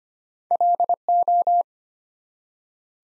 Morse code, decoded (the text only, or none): LO